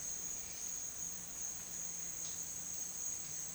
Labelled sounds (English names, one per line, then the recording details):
none
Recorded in dense forest near Puerto Asís, Putumayo, Colombia, on 22 June 2025 at 11:30
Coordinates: 0.466, -76.327
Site GP04